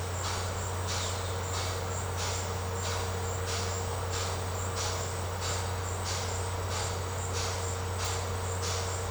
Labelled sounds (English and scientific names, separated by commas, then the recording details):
none
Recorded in secondary vegetation near Puerto Asís, Putumayo, Colombia, on 19 March 2025 at 17:30
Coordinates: 0.468, -76.324
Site G059